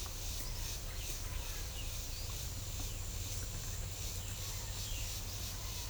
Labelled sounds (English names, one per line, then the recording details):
none
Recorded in pastures near Puerto Asís, Putumayo, Colombia, on 18 December 2024 at 10:30
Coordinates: 0.497, -76.327
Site G088